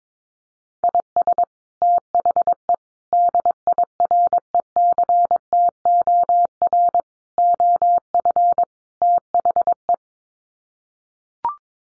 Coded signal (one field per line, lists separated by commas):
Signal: Morse code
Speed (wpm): 22 wpm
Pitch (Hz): 700 Hz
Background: none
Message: IS THE DIRECTOR OF THE